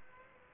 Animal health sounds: mosquito wingbeat signal from an infrared sensor; Aedes aegypti

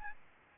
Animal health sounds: mosquito wingbeat signal from an infrared sensor; Aedes albopictus

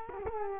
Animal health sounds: mosquito wingbeat signal from an infrared sensor; Culex quinquefasciatus

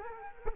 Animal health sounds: mosquito wingbeat signal from an infrared sensor; Culex quinquefasciatus

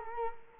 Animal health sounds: mosquito wingbeat signal from an infrared sensor; Culex quinquefasciatus

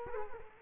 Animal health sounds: mosquito wingbeat signal from an infrared sensor; Culex quinquefasciatus

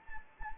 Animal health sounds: mosquito wingbeat signal from an infrared sensor; Anopheles gambiae

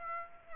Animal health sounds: mosquito wingbeat signal from an infrared sensor; Aedes aegypti

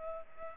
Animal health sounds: mosquito wingbeat signal from an infrared sensor; Culex pipiens

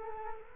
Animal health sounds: mosquito wingbeat signal from an infrared sensor; Culex quinquefasciatus

